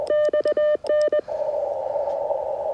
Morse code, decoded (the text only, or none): XN